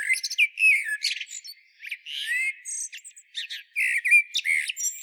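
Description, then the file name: Eurasian blackbird in dense, almost continuous song, mixing low fluty whistles with busy high squeaks and scratchy twittering. "Turdus merula"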